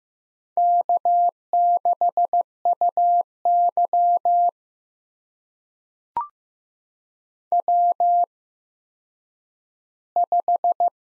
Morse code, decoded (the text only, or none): K6UY W5